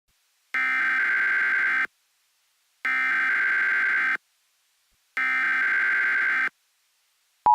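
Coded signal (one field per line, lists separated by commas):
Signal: Emergency Alert System (SAME) tones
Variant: header bursts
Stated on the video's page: EAS test said to come from an old tape found in a box.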